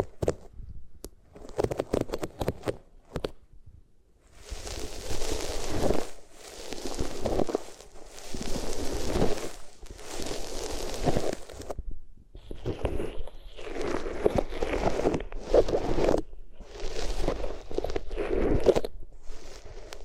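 Ears are rubbed against different materials, starting with quick scratchy taps and crackles in the first few seconds. From about five seconds, long rough rubbing strokes swell and fade in steady bursts, a few seconds each, with brief silences between and a brighter, hissier texture near the end.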